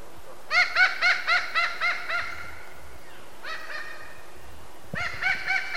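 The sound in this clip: Thick-billed parrot giving three bursts of rapid, harsh squawks, about four per second, separated by brief pauses.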